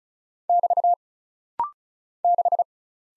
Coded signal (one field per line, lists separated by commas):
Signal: Morse code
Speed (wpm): 35 wpm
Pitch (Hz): 700 Hz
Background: none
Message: <BT> 6